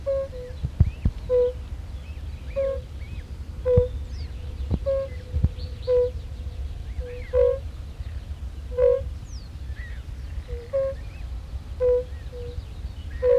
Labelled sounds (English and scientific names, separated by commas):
Fire-Bellied Toad (Bombina bombina) call